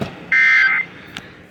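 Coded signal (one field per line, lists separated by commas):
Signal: Emergency Alert System (SAME) tones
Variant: end-of-message bursts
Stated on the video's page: Severe thunderstorm warning SAME tones from NOAA Weather Radio.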